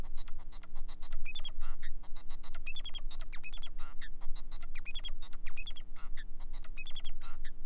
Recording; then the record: song of a male Bengalese finch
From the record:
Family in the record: son of father 4